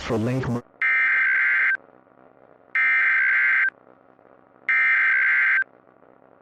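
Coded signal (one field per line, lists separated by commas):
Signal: Emergency Alert System (SAME) tones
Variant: header bursts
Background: speech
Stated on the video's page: Fictional EAS scenario, a simulated blizzard warning, not a real alert.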